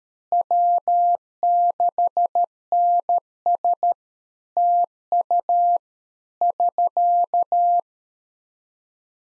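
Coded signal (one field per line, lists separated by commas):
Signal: Morse code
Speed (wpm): 13 wpm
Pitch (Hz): 700 Hz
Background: none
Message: W6NS TU <SK>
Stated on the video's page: Head-copy practice QSO ending segment (pleasantries, 73) at 13 wpm, each segment sent, spoken, then sent again.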